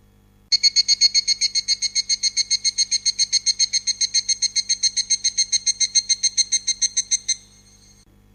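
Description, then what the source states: Evening cicada song: clear ringing metallic notes rapidly pulsed in a long even series, then stopping abruptly. Summer cicada song; cicadas sing with all their might through their short summer.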